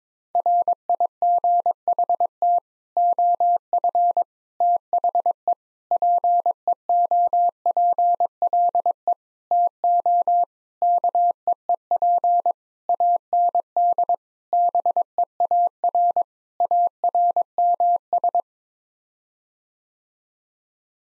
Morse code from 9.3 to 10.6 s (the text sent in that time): TO